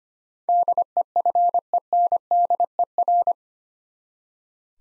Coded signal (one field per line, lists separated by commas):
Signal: Morse code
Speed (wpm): 25 wpm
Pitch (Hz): 700 Hz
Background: none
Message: DEFENDER